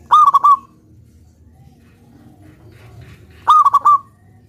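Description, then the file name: Zebra dove song: two rolling, stuttered cooing phrases about three seconds apart, with a soft low rumble between. Perkutut raja song used as a lure for trapping birds. "suara perkutut raja pikat"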